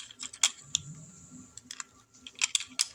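A plastic Transformers United Animated Optimus Prime robot toy is being handled into its final mode, with a plastic limb or panel being worked toward the robot body. Sharp plastic clicks and rattles sound at about 0.4, 0.8, 2.4, 2.6 and 2.8 seconds. Nothing has seated or clicked into place yet.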